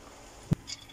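A vehicle differential is pushed into the axle housing. A sharp metallic knock at 0.5 seconds marks it seating flush, followed by a fainter high-pitched ring near 0.7 seconds. No speech is heard in the clip.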